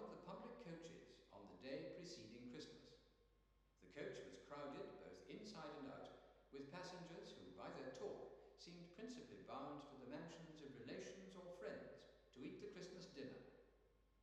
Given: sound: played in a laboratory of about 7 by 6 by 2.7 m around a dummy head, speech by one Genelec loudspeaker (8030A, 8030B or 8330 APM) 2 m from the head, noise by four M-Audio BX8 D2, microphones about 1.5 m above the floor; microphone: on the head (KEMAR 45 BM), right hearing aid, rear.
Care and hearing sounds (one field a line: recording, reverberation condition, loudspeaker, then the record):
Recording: male speech in English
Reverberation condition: high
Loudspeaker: 150 degrees to the right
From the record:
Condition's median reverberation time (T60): about 1300 ms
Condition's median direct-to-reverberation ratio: about -4.0 dB